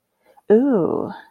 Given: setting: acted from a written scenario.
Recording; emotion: vocal sound without words; desire